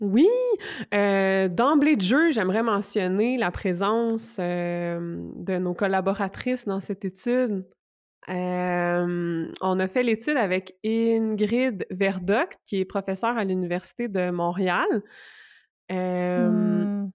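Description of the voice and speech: An adult woman who stutters speaks in French, mostly fluently but with several stretched sounds: long held 'euh' vowels, a drawn-out 's', and a prolonged 'm' before a word start. These sound prolongations fit mild stuttering.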